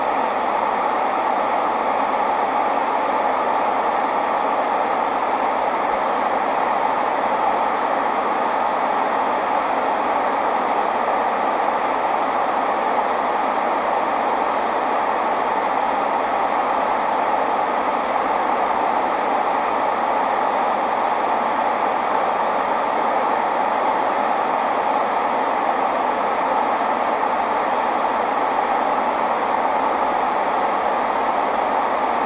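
White noise plays as a steady, dense hiss for the whole stretch, with no breaks or changes in level. It sits mostly in the middle range, full and even, with little deep rumble. It resembles the constant rush heard inside a moving train.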